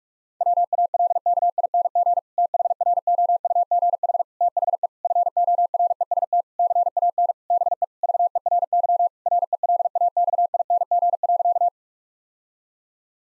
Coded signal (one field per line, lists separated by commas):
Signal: Morse code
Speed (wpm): 47 wpm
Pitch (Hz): 700 Hz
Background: none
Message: WALKING THROUGH THE FOREST CAN BE VERY RELAXING.